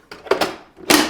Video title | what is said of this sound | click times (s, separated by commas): I Put WHAT in My Soft Serve?! 🤯🍦 Testing the Cuisinart Soft Serve Ice Cream Machine! | Clicks into place. | 0.3 s